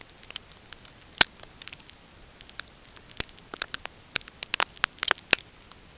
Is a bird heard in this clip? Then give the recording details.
no. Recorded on Arctic tundra, site NAIT-1, on 20 June 2018. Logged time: 05:00